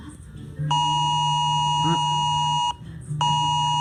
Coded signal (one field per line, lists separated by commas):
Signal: Emergency Alert System (SAME) tones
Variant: 853 and 960 Hz attention tone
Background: speech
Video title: Teléfono eas TV 📺 eas carro eas is radio eas